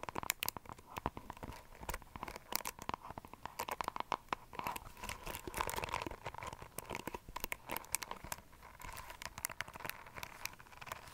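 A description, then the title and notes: Tapping and scratching go on without pause, a dense run of sharp clicks and crinkly scrapes that speeds up and thins out unevenly. A faint steady tone hums underneath throughout, and the scratching grows busier and rougher around the middle. ASMR Black Triggers For Sleep (tapping & scratching).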